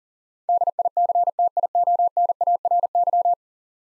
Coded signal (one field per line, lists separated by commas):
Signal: Morse code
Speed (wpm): 40 wpm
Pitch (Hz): 700 Hz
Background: none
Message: DICTIONARY